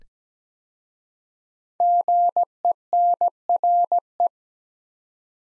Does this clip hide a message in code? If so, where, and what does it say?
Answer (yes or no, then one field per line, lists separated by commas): yes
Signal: Morse code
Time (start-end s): 1.8-4.3 s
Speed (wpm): 17 wpm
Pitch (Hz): 700 Hz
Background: none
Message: GENRE